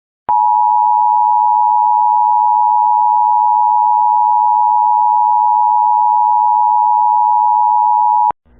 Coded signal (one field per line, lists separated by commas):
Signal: Emergency Alert System (SAME) tones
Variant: 853 and 960 Hz attention tone